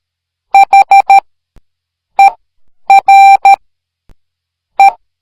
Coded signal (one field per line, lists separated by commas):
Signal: Morse code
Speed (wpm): 13 wpm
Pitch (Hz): 790 Hz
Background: none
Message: HERE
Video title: A message I solved by morse code #morsecode #miniseries